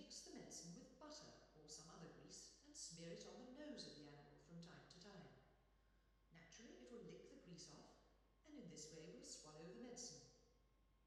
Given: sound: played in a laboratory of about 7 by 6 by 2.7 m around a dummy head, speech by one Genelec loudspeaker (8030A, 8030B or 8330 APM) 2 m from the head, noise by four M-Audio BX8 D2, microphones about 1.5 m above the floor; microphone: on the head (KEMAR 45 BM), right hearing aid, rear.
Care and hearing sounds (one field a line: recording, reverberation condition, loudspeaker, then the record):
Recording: female speech in English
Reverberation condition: high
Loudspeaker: 30 degrees to the right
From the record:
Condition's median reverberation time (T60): about 1300 ms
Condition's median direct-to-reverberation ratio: about -4.0 dB